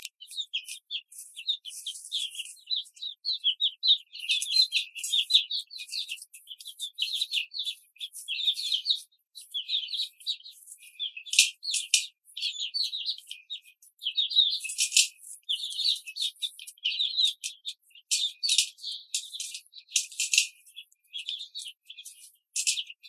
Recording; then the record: young laying hens in a cage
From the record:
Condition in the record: control cage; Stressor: none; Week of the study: 5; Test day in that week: 1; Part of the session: 3